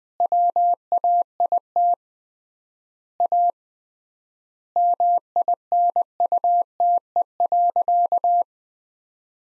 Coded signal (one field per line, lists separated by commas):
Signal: Morse code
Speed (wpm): 21 wpm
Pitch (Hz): 700 Hz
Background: none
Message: WAIT A MINUTE.